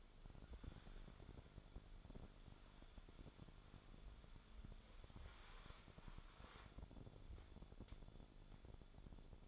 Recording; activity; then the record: daily activity, microphone in the room; wipe stove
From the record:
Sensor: 5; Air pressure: 1015.2 hPa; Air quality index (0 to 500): 205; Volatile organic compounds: 10 ppm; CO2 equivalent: 2223 ppm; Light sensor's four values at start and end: 35/82/33/35 and 35/82/34/35